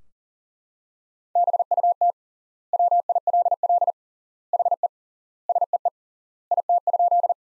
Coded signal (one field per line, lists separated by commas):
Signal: Morse code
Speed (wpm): 40 wpm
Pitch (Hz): 700 Hz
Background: none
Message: BUT WILL HE SEE IT?